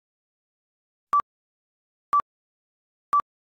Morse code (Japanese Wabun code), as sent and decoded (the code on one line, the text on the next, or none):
none